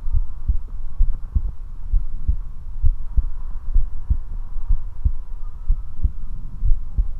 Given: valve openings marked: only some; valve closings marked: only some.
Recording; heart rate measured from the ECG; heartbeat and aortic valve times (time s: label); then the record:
heart sounds by stethoscope; 64 bpm
0.16 s: heartbeat (ECG mark)
1.02 s: heartbeat (ECG mark)
1.07 s: aortic valve opens (echo mark)
1.37 s: aortic valve closes (echo mark)
1.95 s: heartbeat (ECG mark)
2.00 s: aortic valve opens (echo mark)
2.29 s: aortic valve closes (echo mark)
2.85 s: heartbeat (ECG mark)
3.77 s: heartbeat (ECG mark)
3.82 s: aortic valve opens (echo mark)
4.11 s: aortic valve closes (echo mark)
4.72 s: heartbeat (ECG mark)
4.76 s: aortic valve opens (echo mark)
5.07 s: aortic valve closes (echo mark)
5.71 s: heartbeat (ECG mark)
5.76 s: aortic valve opens (echo mark)
6.05 s: aortic valve closes (echo mark)
6.67 s: heartbeat (ECG mark)
From the record:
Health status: healthy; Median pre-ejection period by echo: 45 ms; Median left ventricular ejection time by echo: 301 ms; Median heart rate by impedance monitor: 65 bpm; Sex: male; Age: 19 years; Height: 179 cm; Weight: 78 kg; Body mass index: 24.34